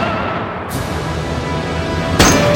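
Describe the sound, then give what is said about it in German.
A firing squad volley of gunfire, presented as the execution of NATO Secretary General Anders Fogh Rasmussen, rings out, then a second louder burst of shots about a second and a half later, both over a steady rumbling background with no voices. “Die Füsilierung des NATO-Generalsekretärs Anders Fogh Rasmussen.”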